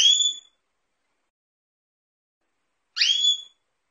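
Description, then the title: Canary giving two brief upswept whistled chirps three seconds apart, silence otherwise. Female Belgian canary in breeding condition calling for mating; the calls are used to stimulate male canaries to sing. "Canto Para Esquentar Canário Belga. Suara Kenari Betina Birahi Minta Kawin"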